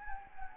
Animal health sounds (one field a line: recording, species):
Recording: mosquito wingbeat signal from an infrared sensor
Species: Anopheles gambiae